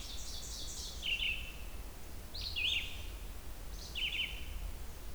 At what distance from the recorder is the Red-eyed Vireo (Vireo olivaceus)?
about 30 m